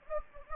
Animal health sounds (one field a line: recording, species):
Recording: mosquito wingbeat signal from an infrared sensor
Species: Anopheles gambiae